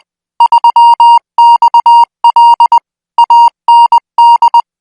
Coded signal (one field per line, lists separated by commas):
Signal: Morse code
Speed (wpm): 20 wpm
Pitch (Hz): 940 Hz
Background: music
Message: 3XL AND